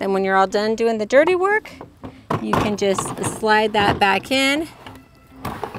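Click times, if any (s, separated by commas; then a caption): none. A removable cassette toilet tank is being handled by its bay in a 2023 Winnebago Solis Class B camper van while someone talks. A few short knocks and taps come near the end, around 5.4 to 5.8 seconds. The tank has not seated or clicked into place yet.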